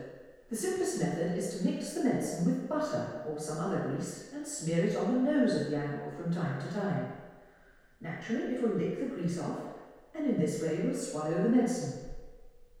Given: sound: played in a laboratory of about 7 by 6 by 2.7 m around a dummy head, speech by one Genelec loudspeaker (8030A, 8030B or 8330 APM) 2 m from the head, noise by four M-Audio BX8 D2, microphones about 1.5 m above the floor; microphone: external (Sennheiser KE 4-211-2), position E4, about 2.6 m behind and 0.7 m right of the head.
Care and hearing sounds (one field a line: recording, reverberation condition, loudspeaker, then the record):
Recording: female speech in English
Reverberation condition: high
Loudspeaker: 60 degrees to the right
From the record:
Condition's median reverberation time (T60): about 1300 ms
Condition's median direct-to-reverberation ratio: about -4.0 dB